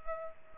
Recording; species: mosquito wingbeat signal from an infrared sensor; Culex pipiens